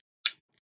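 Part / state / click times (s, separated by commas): filter cover onto reusable N95 respirator mask / seated / 0.3 s, 0.6 s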